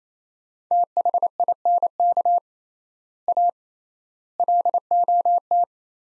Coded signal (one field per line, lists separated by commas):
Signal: Morse code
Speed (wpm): 28 wpm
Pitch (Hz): 700 Hz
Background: none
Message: THINK A LOT